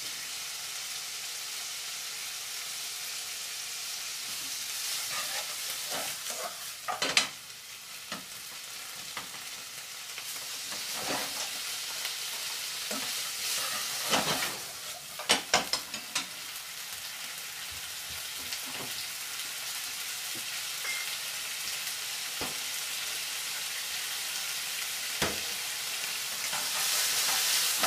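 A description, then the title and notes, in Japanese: Pork and onions stir-frying in yakiniku sauce, a steady bright sizzle running the whole time. Sharp clacks and scrapes of a utensil against the pan come in bursts, especially around 7, 11, 14–16 and 25 seconds, and the hiss swells near the end. お弁当作り。豚肉と玉ねぎの、焼肉のタレ炒めを作っているところです。弁当箱はタッパーです。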